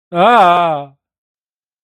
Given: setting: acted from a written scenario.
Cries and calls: vocal sound without words; negative surprise

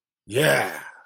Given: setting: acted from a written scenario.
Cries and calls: vocal sound without words; triumph

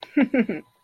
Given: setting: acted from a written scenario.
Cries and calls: vocal sound without words; amusement

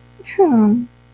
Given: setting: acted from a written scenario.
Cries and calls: vocal sound without words; sympathy

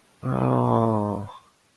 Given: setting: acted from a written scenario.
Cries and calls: vocal sound without words; sadness

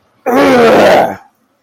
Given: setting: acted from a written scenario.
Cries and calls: vocal sound without words; anger

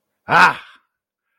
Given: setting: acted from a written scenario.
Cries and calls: vocal sound without words; triumph

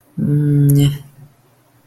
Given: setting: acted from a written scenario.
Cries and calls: vocal sound without words; neutral

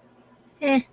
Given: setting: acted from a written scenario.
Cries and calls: vocal sound without words; neutral

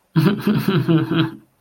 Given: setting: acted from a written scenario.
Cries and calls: vocal sound without words; sadness

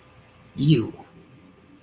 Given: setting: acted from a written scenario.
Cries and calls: vocal sound without words; disgust

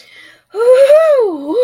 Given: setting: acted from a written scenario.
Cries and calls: vocal sound without words; ecstasy

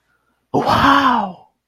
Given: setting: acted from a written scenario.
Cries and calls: vocal sound without words; positive surprise

